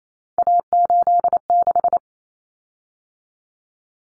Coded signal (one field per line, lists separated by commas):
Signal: Morse code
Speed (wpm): 28 wpm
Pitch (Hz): 700 Hz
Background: none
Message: A86